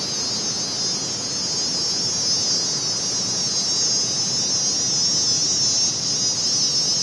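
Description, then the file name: Cicada giving a steady, continuous high buzz without a break, heard over loud rushing wind noise. A single cicada in a summer forest with strong wind. "zapsplat. nature forest amb summer strong wind single cicada"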